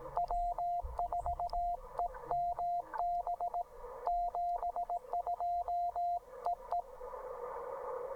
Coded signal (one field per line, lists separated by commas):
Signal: Morse code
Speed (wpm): 18 wpm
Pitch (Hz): 700 Hz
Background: radio noise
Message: W4EMB 72 EE